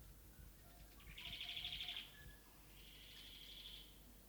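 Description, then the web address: Stitchbird song: a rapid buzzy pulsed phrase of high notes lasting nearly a second, followed by a softer, smoother high buzzy phrase. New Zealand native bird. "native-animals birds bird-song stitchbird-song"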